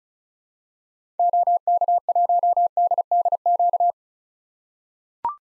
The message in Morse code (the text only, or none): OK1DDQ